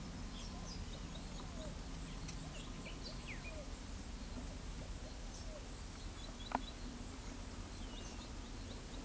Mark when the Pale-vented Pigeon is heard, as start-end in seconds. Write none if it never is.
1.34-5.62